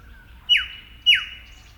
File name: Eopsaltria Australis